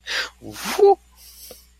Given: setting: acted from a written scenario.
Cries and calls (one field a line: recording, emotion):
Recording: vocal sound without words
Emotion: interest